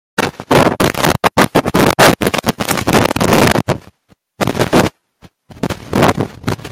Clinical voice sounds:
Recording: short text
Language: Brazilian Portuguese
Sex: male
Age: 20 to 29 years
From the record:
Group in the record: control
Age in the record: 21 years

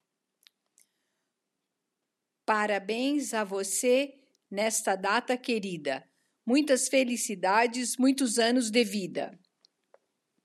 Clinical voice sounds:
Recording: short text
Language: Brazilian Portuguese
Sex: female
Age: 70 to 79 years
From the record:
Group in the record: control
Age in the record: 76 years

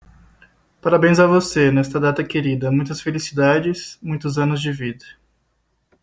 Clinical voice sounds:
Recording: short text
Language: Brazilian Portuguese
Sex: male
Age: 20 to 29 years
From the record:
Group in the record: control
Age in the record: 21 years

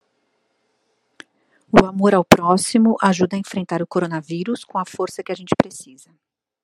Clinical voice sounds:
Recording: spoken sentence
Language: Brazilian Portuguese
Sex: female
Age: 40 to 49 years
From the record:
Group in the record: control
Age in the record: 48 years

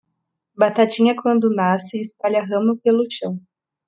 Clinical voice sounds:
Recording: short text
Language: Brazilian Portuguese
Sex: female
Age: 20 to 29 years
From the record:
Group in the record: control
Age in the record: 21 years

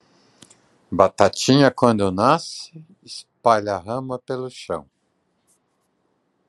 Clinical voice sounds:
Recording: short text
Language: Brazilian Portuguese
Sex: male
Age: 60 to 69 years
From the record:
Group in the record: control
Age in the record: 65 years

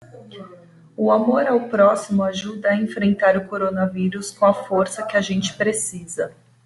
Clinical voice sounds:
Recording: spoken sentence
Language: Brazilian Portuguese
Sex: female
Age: 30 to 39 years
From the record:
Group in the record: control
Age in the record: 33 years

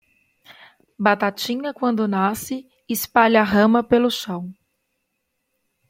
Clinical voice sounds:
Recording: short text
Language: Brazilian Portuguese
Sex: female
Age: 30 to 39 years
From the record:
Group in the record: control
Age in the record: 31 years

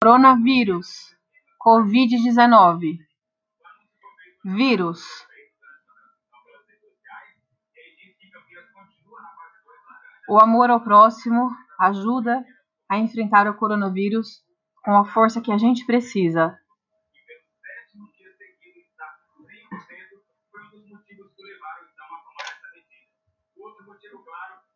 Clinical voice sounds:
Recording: spoken sentence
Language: Brazilian Portuguese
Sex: female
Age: 40 to 49 years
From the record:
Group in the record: control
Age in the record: 42 years

